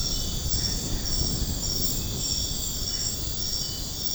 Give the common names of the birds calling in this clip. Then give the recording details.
none. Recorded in secondary vegetation near Puerto Asís, Putumayo, Colombia, on 20 February 2024 at 01:00. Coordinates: 0.472, -76.331. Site G6371